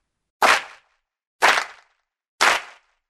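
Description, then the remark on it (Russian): A group of sect members claps hands together in unison: three loud, sharp, crisp claps spaced evenly about a second apart, each ringing briefly before silence, with no voices. “И все сектанты одновременно хлопнули в ладоши 4 раза.”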